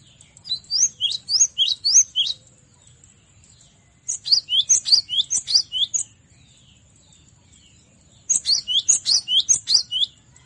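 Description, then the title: Cinereous tit song in three bright phrases, each a rapid string of several high, slurred whistled notes, separated by roughly two seconds of quiet. Masteran recording used to train other songbirds. "Masteran Gelatik Batu"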